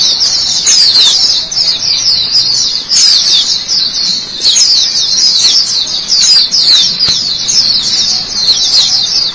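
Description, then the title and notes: White-eye song: a continuous, high-pitched twittering chatter of rapid sweeping notes, with no other clear sounds. White-eye chirping song. "Kicauan Burung Pleci Durasi Panjang. Suara kicauan burung pleci"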